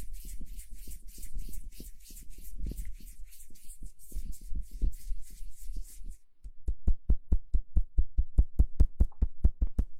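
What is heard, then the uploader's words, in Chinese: Hands rub together in quick, scratchy strokes over a low rumble for the first six seconds, the friction coming in dense, uneven bursts. Then the rubbing stops and a fast, regular run of sharp, bright taps follows, about four or five each second, to the end. 搓手手。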